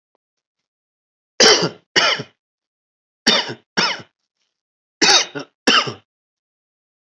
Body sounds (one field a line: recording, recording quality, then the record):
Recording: shallow voluntary cough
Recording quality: excellent, no background noise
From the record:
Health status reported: healthy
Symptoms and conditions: none ticked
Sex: male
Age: 45 years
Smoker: not ticked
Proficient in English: yes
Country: India